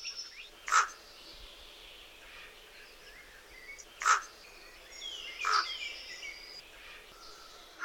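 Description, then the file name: Eurasian jay calls: three short, harsh notes spaced unevenly over background hiss. "SOJKA"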